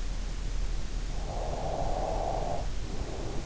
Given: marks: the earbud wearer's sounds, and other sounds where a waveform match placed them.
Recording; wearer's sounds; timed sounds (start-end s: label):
sounds in sleep by an in-ear microphone; breath
0.55-3.40 s: breath